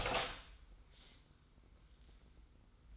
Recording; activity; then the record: daily activity, microphone in the room; open door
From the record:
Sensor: 3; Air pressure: 990.4 hPa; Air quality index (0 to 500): 170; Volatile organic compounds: 1000 ppm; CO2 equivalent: 5487 ppm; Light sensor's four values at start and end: 48/112/46/43 and 47/112/46/43